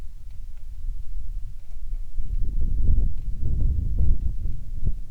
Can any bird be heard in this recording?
no